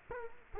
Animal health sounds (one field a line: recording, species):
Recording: mosquito wingbeat signal from an infrared sensor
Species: Culex quinquefasciatus